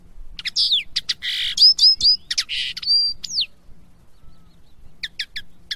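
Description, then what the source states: Common linnet song: quick twittering phrases of sharp chirps and short rising and falling whistles, a pause, then a few soft clipped notes near the end. Song intended for teaching young birds to sing, recorded summer 2017.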